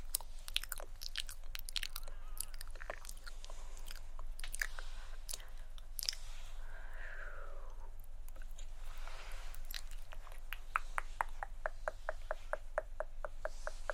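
Mouth sounds with hand movements: sharp tongue clicks scattered through the first six seconds, then a soft sliding whoosh around seconds six to eight. From about ten seconds, quick even tk-tk clicks repeat in a steady run. A low, constant hum sits underneath.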